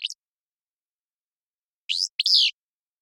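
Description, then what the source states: Willow flycatcher song: a cut-off high note at the start, then after a pause one full buzzy two-part phrase ending in a drawn-out burry note. Song a buzzy, sharp, staccato 'fitz-pew'; innate rather than learned from parents.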